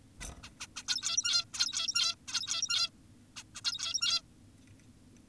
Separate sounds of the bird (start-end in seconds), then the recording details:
0.21-0.26, 0.44-0.50, 0.60-0.67, 0.76-0.84, 0.88-1.45, 1.54-2.15, 2.28-2.90, 3.36-3.44, 3.55-3.61, 3.65-4.22. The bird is an adult. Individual g17y2U